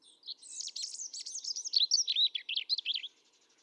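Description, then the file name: European robin song: one long, rapid phrase of high, thin, tumbling notes and trills, shifting in pitch with quick squeaky flourishes, ending abruptly after about three seconds. "Erithacus rubecula 310717"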